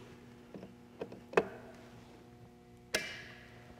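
A torque wrench set to 30 inch-pounds tightens a steel scope base screw, with threadlocker, into a rifle receiver. Faint ticks and a sharp metallic snap at 1.4 s come before the wrench clicks at 2.9 s, confirming the screw is torqued to 30 in-lb.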